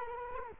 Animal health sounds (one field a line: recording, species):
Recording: mosquito wingbeat signal from an infrared sensor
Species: Culex quinquefasciatus